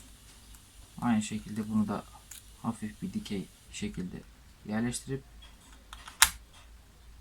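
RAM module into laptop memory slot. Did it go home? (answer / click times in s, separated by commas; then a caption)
yes / 6.2 s. A memory module is inserted at a slight angle into the RAM slot of a Monster Abra A5 v13.3 laptop and pressed down until the side retaining clips snap over it. Someone talks through most of the clip, with a few faint taps near the end. A loud, sharp click at 6.2 s marks the clips latching and the module seating in place.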